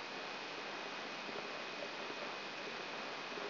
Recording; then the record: brain microelectrode recording played as sound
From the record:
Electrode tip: outside the subthalamic nucleus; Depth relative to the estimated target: -1 mm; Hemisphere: right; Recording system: AlphaMap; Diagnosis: Parkinson's disease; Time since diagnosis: 11 years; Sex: male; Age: 66 years